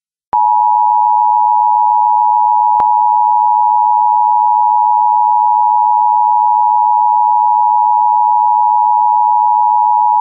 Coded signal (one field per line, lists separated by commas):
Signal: Emergency Alert System (SAME) tones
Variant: 853 and 960 Hz attention tone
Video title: EAS Required Monthly Test (Nov. 2007)